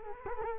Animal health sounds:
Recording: mosquito wingbeat signal from an infrared sensor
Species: Culex quinquefasciatus

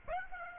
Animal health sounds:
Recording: mosquito wingbeat signal from an infrared sensor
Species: Aedes aegypti

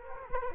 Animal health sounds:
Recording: mosquito wingbeat signal from an infrared sensor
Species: Culex quinquefasciatus

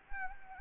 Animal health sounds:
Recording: mosquito wingbeat signal from an infrared sensor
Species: Anopheles gambiae

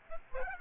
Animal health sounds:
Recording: mosquito wingbeat signal from an infrared sensor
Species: Aedes aegypti

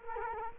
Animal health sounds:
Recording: mosquito wingbeat signal from an infrared sensor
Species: Culex quinquefasciatus

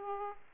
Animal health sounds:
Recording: mosquito wingbeat signal from an infrared sensor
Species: Aedes aegypti

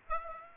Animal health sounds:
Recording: mosquito wingbeat signal from an infrared sensor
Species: Aedes aegypti

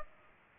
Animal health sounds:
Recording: mosquito wingbeat signal from an infrared sensor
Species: Aedes aegypti

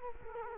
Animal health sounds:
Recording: mosquito wingbeat signal from an infrared sensor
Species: Culex quinquefasciatus

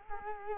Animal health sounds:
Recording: mosquito wingbeat signal from an infrared sensor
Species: Culex quinquefasciatus

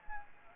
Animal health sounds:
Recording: mosquito wingbeat signal from an infrared sensor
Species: Anopheles gambiae

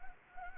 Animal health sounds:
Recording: mosquito wingbeat signal from an infrared sensor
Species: Anopheles arabiensis

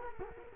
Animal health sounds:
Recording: mosquito wingbeat signal from an infrared sensor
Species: Culex quinquefasciatus

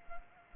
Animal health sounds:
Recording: mosquito wingbeat signal from an infrared sensor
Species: Culex pipiens

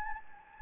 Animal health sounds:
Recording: mosquito wingbeat signal from an infrared sensor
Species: Anopheles gambiae

